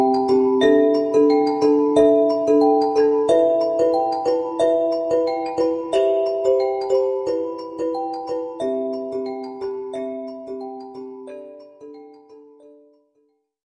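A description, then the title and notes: Bright bell-like chimes struck on a crystal jar ring out in a steady, evenly spaced melody of clear tones, each note sounding with a quick strike and a short ringing decay. The notes sit mostly in the middle range, and the sequence slows and fades out near twelve seconds. Bells - Crystal Jar. Handcrafted instruments capturing the essence of ancient South India.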